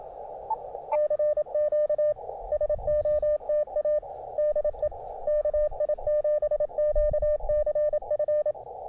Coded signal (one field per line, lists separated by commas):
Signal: Morse code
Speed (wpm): 27 wpm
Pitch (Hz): 600 Hz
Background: none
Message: CQ SOTA DE KI7QCF